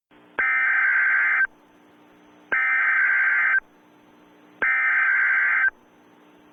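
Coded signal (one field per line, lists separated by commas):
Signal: Emergency Alert System (SAME) tones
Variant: header bursts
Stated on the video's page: Simulated EAS scenario.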